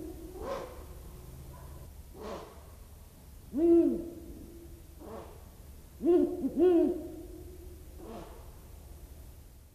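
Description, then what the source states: Ural owl giving nasal warning barks: a loud call, then a rapid double call, with fainter calls before, between and after. Shrill nasal warning call heard in May–June near yards or in forest; adults fiercely defend their brood and may strike people.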